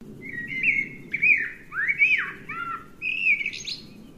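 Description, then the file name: Eurasian blackbird singing fluty phrases, with swooping rising and falling whistles and brighter high twittered notes, over a steady low rumble. "Turdus merula"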